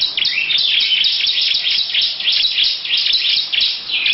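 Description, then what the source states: Lovebird giving a dense, nonstop run of shrill, squeaky chatter, packed tightly from start to finish. Long "ngekek panjang" song.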